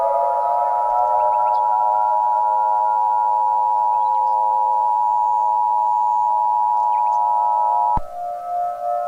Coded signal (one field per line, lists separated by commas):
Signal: Emergency Alert System (SAME) tones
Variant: 853 and 960 Hz attention tone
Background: music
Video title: EAS Scenario #2: The Christmas Disaster